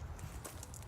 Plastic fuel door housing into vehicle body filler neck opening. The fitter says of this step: so push it in it clicks in place it